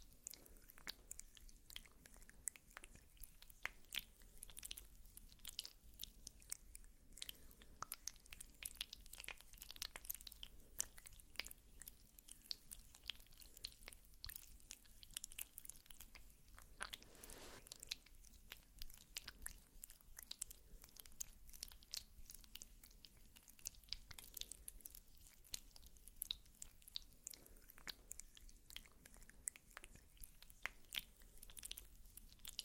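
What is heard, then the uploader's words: Makeup sounds with no talking: a dense run of soft, crisp taps, clicks and brushy scratches that keeps going the whole time with no real pauses. The small sharp sounds come quickly and unevenly, a little like chewing or crunching, over a faint low hum. ASMR Doing Your Makeup , Pure Sounds , No Talking.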